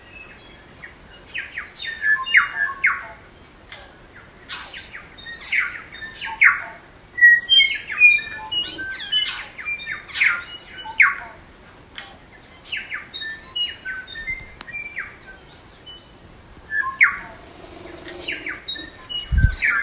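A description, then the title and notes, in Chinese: Dense, overlapping bird calls and chirps at Castle Hill, New Zealand, bright, with brief sharp notes throughout and a low rumble near the end. 猪背，新西兰城堡山鸟儿的鸣叫。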